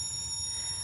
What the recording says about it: For people who don't have tinnitus, it's really hard for them to understand what it's like for those of us who do. Recreate these tinnitus sounds, and I'm working with producer Kevin Brew in order to do this. You can hear that the sound is moving around a little bit. There's delays on the accents of the sound. Sometimes your ears feel full, and we've put in a kind of a low drone to stand for that feeling.